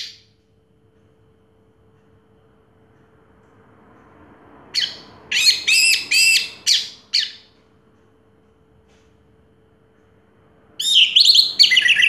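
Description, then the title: Orange-headed thrush: songbird giving a short burst of rapid, ringing whistled notes after several seconds of quiet, then another quick varied phrase at the end. Used to prompt a silent bird to sing. "Anis Merah Macet.. Pancing Dengan Suara Ini.. # Anis Merah"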